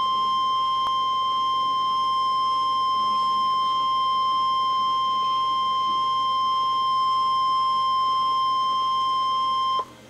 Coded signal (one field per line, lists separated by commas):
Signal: Emergency Alert System (SAME) tones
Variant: 1050 Hz attention tone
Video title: Real EAS #230 - 231: Tornado Warnings